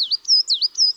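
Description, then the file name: Coal tit song, high thin two-note phrases swinging up and down, repeated quickly several times within a second. 9 March. "9 Mars-La-mesange-noire"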